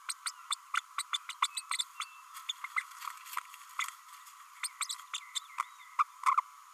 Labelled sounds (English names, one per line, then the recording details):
Green-rumped Parrotlet babbling
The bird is a female
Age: 30 days
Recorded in a nest box in Venezuela
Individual 17B32A5